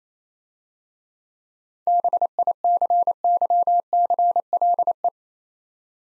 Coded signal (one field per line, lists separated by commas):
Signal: Morse code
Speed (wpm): 30 wpm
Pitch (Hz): 700 Hz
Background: none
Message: BICYCLE